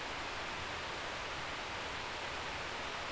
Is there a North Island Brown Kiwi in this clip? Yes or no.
no